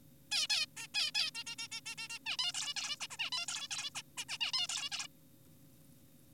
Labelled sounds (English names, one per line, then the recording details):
Zebra Finch
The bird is an adult
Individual g4p5U